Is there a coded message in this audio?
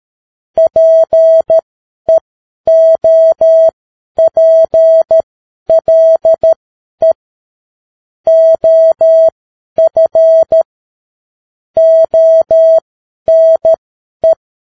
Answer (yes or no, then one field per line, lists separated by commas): yes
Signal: Morse code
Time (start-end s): 0.6-14.3 s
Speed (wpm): 13 wpm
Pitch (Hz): 650 Hz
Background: none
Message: PEOPLE OF ONE